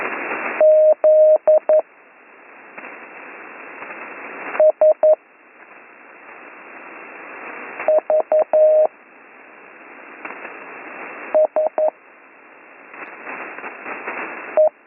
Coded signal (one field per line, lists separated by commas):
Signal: Morse code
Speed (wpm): 11 wpm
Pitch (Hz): 620 Hz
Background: none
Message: ZSVSE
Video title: Slow Morse Code Course - Week 5 - Learn Morse Code